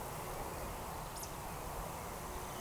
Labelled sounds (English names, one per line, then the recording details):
Eurasian Woodcock
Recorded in Baden-Württemberg, Germany, on 13 June 2020 at 19:19 UTC
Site 43791, 788 m above sea level